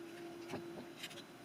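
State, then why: Not seated. A plastic lid is being handled over a 3D-printed case for a bare eMMC USB adapter board, to be pressed down until it snaps on. A steady low hum runs throughout, with faint soft handling sounds around 0.5 s and 1.0 s. Nothing has seated or clicked yet.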